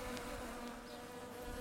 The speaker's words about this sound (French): Il a l'impression que les mouches dans la maison bourdonnent de plus en plus fort.